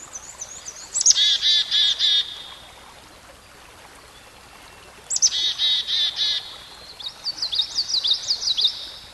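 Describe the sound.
Songbird song: two bursts of fast stacked buzzy notes about four seconds apart, each opening with a high slurred whistle, then a wavering twitter at the end.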